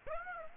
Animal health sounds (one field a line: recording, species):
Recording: mosquito wingbeat signal from an infrared sensor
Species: Aedes aegypti